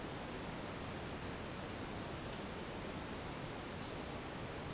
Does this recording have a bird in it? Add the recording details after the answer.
no. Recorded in dense forest near Puerto Asís, Putumayo, Colombia, on 19 June 2025 at 10:00. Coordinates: 0.484, -76.317. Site G045